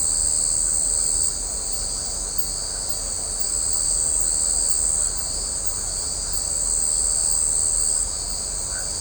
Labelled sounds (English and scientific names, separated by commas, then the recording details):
none
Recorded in shrubland near Pivijay, Magdalena, Colombia, on 5 June 2023 at 19:30
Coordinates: 10.453, -74.365
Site P5-G022